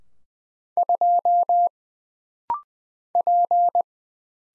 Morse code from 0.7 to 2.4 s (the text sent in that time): 2